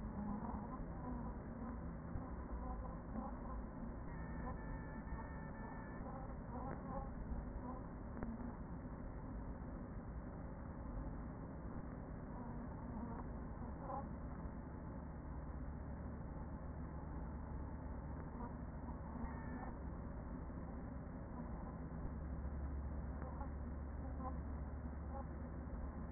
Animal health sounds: honeybee colony, microphone inside the hive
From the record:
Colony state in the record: queen present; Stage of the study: after two queens were removed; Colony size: about 40,000 bees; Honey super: no

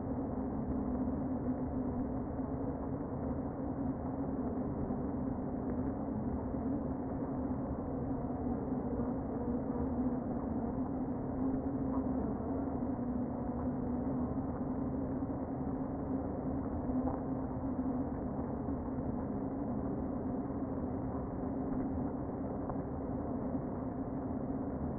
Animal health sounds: honeybee colony, microphone inside the hive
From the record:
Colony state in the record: queen present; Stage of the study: before two queens were removed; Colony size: about 60,000 bees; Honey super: yes

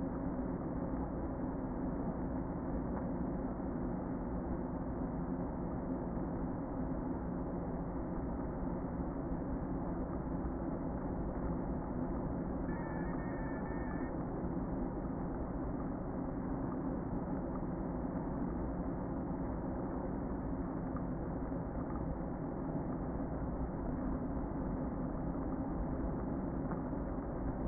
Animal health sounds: honeybee colony, microphone inside the hive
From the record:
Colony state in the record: queen present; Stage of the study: before two queens were removed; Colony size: about 60,000 bees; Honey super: yes

